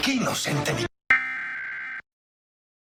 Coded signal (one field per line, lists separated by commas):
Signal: Emergency Alert System (SAME) tones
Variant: header bursts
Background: speech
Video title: Pennsylvania Required Monthly Test (EAS #757-762) 8/17/23